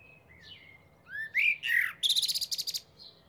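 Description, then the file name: Eurasian blackbird delivering fluty slurred whistles, then a fast series of several sharp high chattering notes. "Turdus merula"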